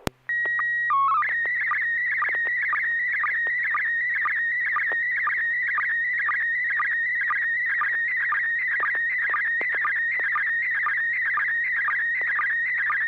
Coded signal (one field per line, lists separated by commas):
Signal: SSTV (slow-scan television)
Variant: PD 120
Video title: N6NA SSTV Net - 08/14/2024